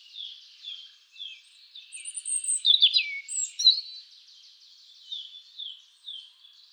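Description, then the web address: European robin song: gentle high notes repeated, swelling into a brief, intense cluster of piercing, tumbling twitters midway, then softer notes again. "SETE data Erithacus rubecula"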